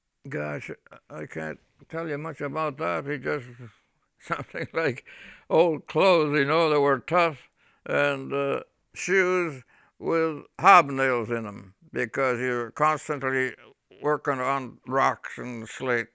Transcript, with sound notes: Gosh, I can't tell you much about that, he just, ( he laughs ) something like old clothes, you know, that were tough, and shoes with hobnails in them because you're constantly working on rocks and slate.